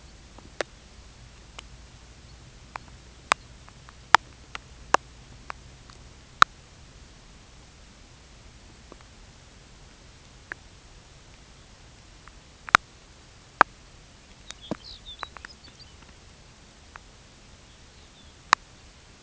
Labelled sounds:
unidentified sound, Lapland Longspur (Calcarius lapponicus)
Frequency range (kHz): Lapland Longspur (Calcarius lapponicus) 2.2-5.7 kHz
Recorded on Arctic tundra, site UTQI-5, on 13 June 2019
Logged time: 16:00

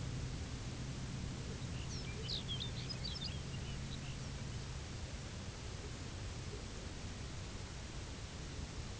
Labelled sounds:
Lapland Longspur (Calcarius lapponicus)
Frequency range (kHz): Lapland Longspur (Calcarius lapponicus) 1.3-7.5 kHz
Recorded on Arctic tundra, site UTQI-0, on 11 June 2019
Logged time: 04:00

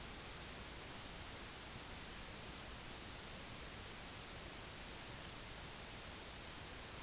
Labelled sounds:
none
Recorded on Arctic tundra, site IGLO-D, on 16 June 2018
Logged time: 12:00

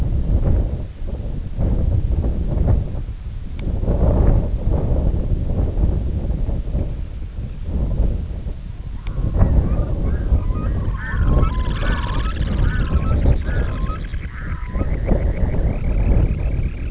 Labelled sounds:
Red-throated Loon (Gavia stellata), Semipalmated Sandpiper (Calidris pusilla)
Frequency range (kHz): Red-throated Loon (Gavia stellata) 0.6-2.8 kHz; Semipalmated Sandpiper (Calidris pusilla) 0.7-4.8 kHz
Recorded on Arctic tundra, site IGLO-D, on 19 June 2018
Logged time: 18:00

